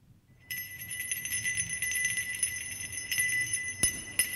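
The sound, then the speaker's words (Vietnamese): A small bronze bell rings in a continuous shimmering peal, bright high partials ringing on, with a few sharper strikes near the end and no voices. “Chỉ thấy tiếng chuông rung lên một hồi, thì trên mảnh đất nhà Lý Vinh như biến thành một vùng sơn địa khác.”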